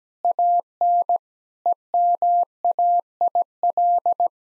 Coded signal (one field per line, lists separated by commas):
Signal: Morse code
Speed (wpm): 17 wpm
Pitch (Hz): 700 Hz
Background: none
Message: AN EMAIL